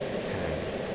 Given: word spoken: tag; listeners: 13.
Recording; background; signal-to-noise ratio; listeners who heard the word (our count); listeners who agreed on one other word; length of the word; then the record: one English word in noise, from a listening test; speech-shaped noise; -5.2 dB; 1 of 13; 6 of 13; 0.55 s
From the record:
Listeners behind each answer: 6, 2, 1, 1, 1, 1, 1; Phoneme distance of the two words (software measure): 10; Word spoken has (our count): 1 syllable, 3 phonemes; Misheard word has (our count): 1 syllable, 3 phonemes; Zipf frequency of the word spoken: 4.17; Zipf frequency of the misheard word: 3.69